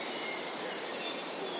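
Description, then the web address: Eurasian blue tit singing a brief, high, thin trill of quickly repeated notes that drifts slightly downward, then fades. "wroblowe teka spiew. modraszkoteka"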